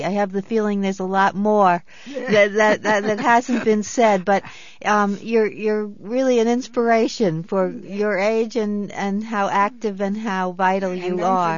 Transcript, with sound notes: I have the feeling there's a lot more that, that, that hasn't been said. (laughs) But you're, you're really an inspiration for your age and, and how active and how vital you are.